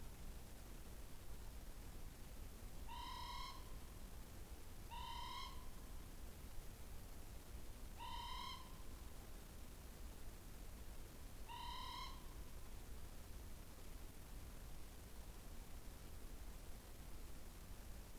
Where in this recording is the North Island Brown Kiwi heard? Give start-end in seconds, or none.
none